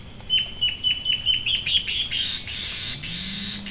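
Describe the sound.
Bird uttering a steady string of high, sharp notes that accelerate into a raspy buzz, while a low hum rises faintly in the background.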